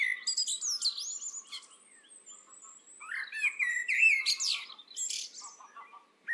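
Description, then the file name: Eurasian blackbird with a busy stretch of warbled notes mixed with sharp, high squeaks and faint lower buzzy chips, nearly continuous apart from a brief quieter lull. "Turdus merula"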